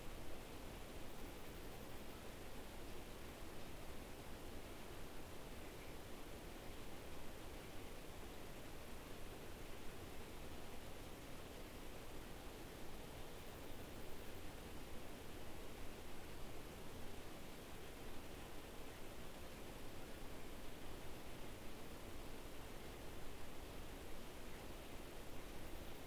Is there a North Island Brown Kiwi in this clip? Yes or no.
no